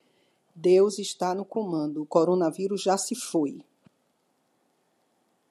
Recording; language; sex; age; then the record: short text; Brazilian Portuguese; female; 60 to 69 years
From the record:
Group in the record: control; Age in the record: 62 years